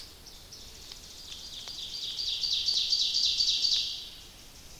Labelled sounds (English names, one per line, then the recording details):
Ovenbird song
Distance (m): 35 m
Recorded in boreal forest in Alberta, Canada, on 29 May 2016 at 06:48
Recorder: SongMeter 3, array SBT-3-49
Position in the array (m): 106 m, 143 m
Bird 15